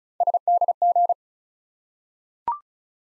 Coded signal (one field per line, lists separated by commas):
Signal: Morse code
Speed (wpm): 36 wpm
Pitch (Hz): 700 Hz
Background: none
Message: SDG